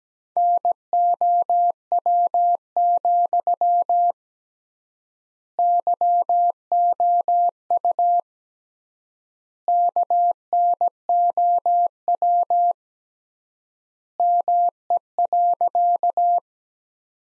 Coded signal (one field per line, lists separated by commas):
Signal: Morse code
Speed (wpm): 17 wpm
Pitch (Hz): 700 Hz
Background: none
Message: NOW, YOU KNOW ME.